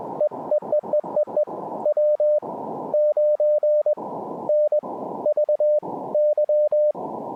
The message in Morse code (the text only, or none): EEEEEE W9NVY